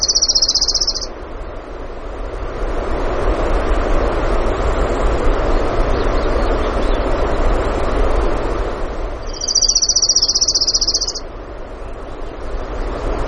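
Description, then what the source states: Orange-crowned warbler song: a high trill cut off at the start, then a second full trill about eight seconds later, over continuous rushing noise. Denali, Alaska; 16 June 2016, early morning, about 05:32.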